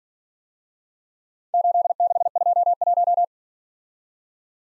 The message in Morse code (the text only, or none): 8621